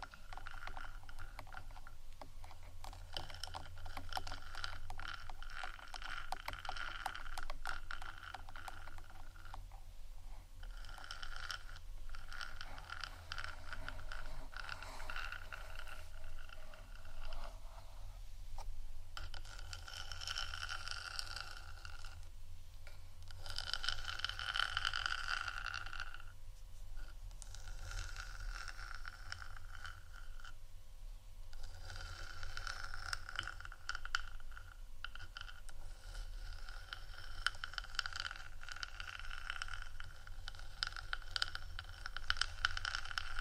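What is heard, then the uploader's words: Soft tapping and scratching runs continuously, dense quick strokes over a steady low hum, with brighter scratchy swells around 20 and 25 seconds. ASMR Softly Tapping & Scratching （No Talking）.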